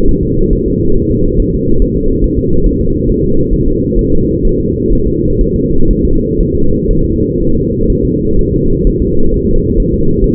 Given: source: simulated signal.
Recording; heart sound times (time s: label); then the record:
fetal heart sounds
0.08 s: S1
0.23 s: S2
0.53 s: S1
0.68 s: S2
0.97 s: S1
1.11 s: S2
1.40 s: S1
1.54 s: S2
1.82 s: S1
1.97 s: S2
2.24 s: S1
2.39 s: S2
2.67 s: S1
2.81 s: S2
3.10 s: S1
3.24 s: S2
3.54 s: S1
3.68 s: S2
3.99 s: S1
4.13 s: S2
4.45 s: S1
4.60 s: S2
4.93 s: S1
5.07 s: S2
5.41 s: S1
5.56 s: S2
5.91 s: S1
6.05 s: S2
6.41 s: S1
6.55 s: S2
6.91 s: S1
7.05 s: S2
7.41 s: S1
7.55 s: S2
7.90 s: S1
8.05 s: S2
8.39 s: S1
8.54 s: S2
8.87 s: S1
9.02 s: S2
9.34 s: S1
9.49 s: S2
9.80 s: S1
9.94 s: S2
10.24 s: S1
From the record:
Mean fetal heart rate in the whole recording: 130 bpm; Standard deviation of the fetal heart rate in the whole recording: 4 bpm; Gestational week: 38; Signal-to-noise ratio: -17.7 dB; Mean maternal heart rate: 72 bpm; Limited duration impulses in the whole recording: present